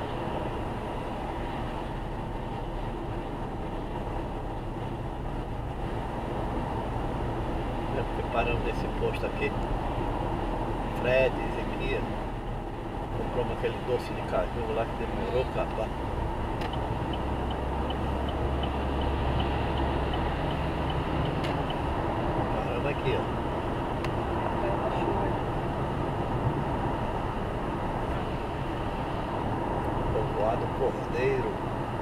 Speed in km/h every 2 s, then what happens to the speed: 87, 85, 88, 91, 93, 92, 91, 95, 100, 105, 109, 111, 111, 109, 107, 103.
0-12 steady at about 91. 12-22 speeds up to 111. 22-32 slows to 103.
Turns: none.